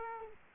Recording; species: mosquito wingbeat signal from an infrared sensor; Culex quinquefasciatus